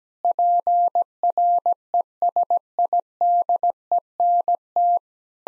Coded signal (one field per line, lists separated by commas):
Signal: Morse code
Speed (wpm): 17 wpm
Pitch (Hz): 700 Hz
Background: none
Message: PRESIDENT